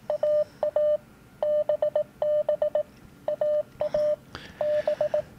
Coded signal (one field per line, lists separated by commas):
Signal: Morse code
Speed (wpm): 18 wpm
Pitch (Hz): 600 Hz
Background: radio noise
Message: AA BB AA B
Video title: The Best Cw App For Learning And Practicing Morse Code